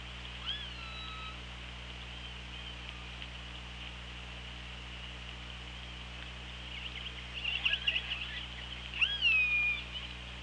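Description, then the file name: Orca calls: a short call near the start, then a burst of pulsed, buzzy calls and a longer call with a falling sweep, over steady underwater hiss and low hum. OrcaLab hydrophone, 24 August 2017, 15:37:19. "Orca Lab UTLN JASON 20170824 153719"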